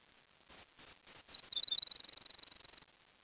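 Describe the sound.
Bird call: a few quick paired chirps sliding downward, then a long, fast, even trill held on one high pitch for over a second, in a quiet background.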